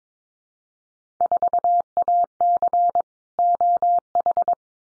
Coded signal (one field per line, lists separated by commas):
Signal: Morse code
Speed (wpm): 22 wpm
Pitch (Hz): 700 Hz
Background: none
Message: 4AC OH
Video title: Field Day Exchange Encore 22wpm